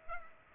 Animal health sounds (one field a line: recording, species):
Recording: mosquito wingbeat signal from an infrared sensor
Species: Culex pipiens